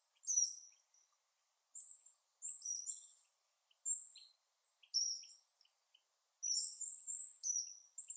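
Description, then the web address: Bird calls: very high, thin downslurred notes in quick bursts separated by pauses; otherwise quiet background. "Bird Only"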